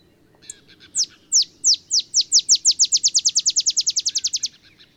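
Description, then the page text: Olive sparrow song, a few spaced chips quickening into a fast, even trill of bright down-slurred notes, then stopping abruptly. Singing in early morning in Texas, about 50 miles north of the Mexican border; simple songs likened to a field sparrow's bouncing-ball song. "Olive Sparrow. Recording early morning just 50 miles north of the Mexican border in Texas"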